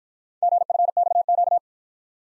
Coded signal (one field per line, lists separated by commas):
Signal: Morse code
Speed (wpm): 53 wpm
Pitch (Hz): 700 Hz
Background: none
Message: GFXQ